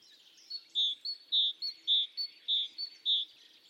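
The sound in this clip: Great tit singing a two-note phrase, a higher note then a lower one, repeated steadily about five times in quick succession.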